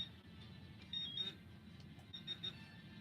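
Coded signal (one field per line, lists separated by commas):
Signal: beep code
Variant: Garrett Carrot pinpointer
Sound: shrill high beeps, a quick warbling group, then three short beeps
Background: low rumble, faint speech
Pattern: 3 short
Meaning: Sensitivity setting three, the deepest detection depth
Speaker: okay i' I'm in set mode now so if I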